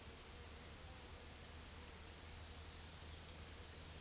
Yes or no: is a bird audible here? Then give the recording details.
no. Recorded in secondary vegetation near Puerto Asís, Putumayo, Colombia, on 23 June 2025 at 10:30. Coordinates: 0.500, -76.326. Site GP08